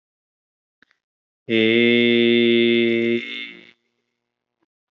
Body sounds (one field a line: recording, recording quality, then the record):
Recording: sustained vowel as in made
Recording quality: excellent, no background noise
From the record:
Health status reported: healthy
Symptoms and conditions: diabetes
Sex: male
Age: 38 years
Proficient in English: yes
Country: India